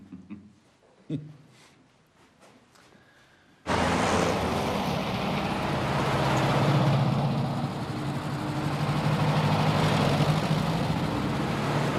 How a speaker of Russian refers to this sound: Военные грузовики едут по дороге.